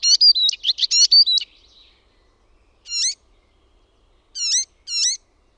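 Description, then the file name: Icterine warbler song phrase of quick jumbled notes, followed by three separate short, strident repeated notes after pauses. "KULTARINTA"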